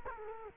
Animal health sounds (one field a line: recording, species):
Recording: mosquito wingbeat signal from an infrared sensor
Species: Culex quinquefasciatus